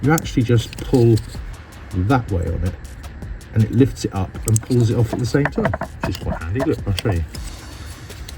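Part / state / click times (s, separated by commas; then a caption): electrical connector plug on an engine component / released / 8.3 s. Someone talks while unplugging an electrical connector plug from an engine component in the engine bay of an Audi S5, pulling its small black locking tab sideways to lift and release the plastic latch. A short sharp click is heard at 8.3 s as the latch clicks open and the connector is released.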